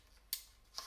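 Flip-up front and rear sights on the rail of a CYMA CM.513 M4 CQB airsoft rifle are flipped up by hand. There are two sharp clicks at 0.3 s and 0.8 s as the sights lock upright. No one talks.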